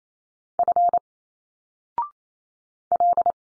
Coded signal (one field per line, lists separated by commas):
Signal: Morse code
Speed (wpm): 29 wpm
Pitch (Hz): 700 Hz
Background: none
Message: F L